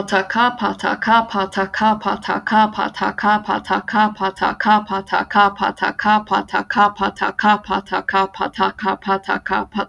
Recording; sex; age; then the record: repeated syllables /pa ta ka/; female; 20 to 29 years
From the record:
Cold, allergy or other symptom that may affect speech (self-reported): no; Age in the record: 20 years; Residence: Florida, United States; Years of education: 15